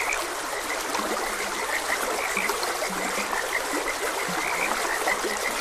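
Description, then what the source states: Frogs croaking in a chorus, short bright notes repeated over and over, with a low throaty croak now and then, all under a steady rush of flowing water. Frogs croaking beside a gentle stream.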